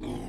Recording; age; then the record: pig call; weaner (32 to 43 days)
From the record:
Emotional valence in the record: negative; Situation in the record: negative conditioning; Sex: female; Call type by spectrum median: low-frequency call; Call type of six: low-frequency stable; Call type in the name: low-frequency stable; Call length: 0.29 s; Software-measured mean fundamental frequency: 56 Hz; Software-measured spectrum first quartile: 184 Hz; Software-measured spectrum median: 329 Hz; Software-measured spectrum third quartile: 804 Hz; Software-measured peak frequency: 272 Hz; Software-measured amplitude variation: 112 dB a second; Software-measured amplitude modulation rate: 32.9 a second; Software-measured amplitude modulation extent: 3.4 dB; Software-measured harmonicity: -0.5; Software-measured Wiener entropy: -0.72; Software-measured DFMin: 1507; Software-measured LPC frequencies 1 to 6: 283, 2188, 3257, 3784, 4926, 6116 Hz